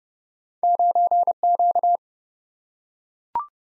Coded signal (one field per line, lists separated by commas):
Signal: Morse code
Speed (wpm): 30 wpm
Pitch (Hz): 700 Hz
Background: none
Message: 9Q